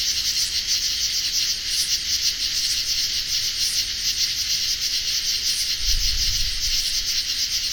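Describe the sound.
Insects chirping in a dense, continuous high-pitched chorus, with pulsed trills and occasional brighter chirps above; a brief low rumble near the end.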